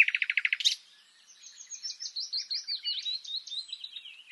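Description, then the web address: Common nightingale song: a fast run of rich repeated notes, then a loud burst and a quieter stretch of varied high twittering phrases. "SETE Luscinia megarhynchos"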